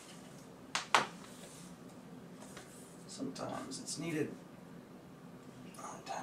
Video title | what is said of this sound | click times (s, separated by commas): Lenovo Flex SSD Upgrade (Windows 10 Migration) | pull pop this up you'll hear it click right out and then we're going to go forward and just pop it right forward here sometimes it's | 0.8 s, 0.9 s